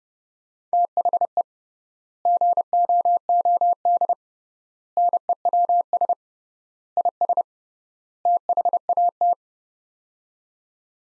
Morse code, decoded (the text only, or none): THE GOOD NEWS IS THAT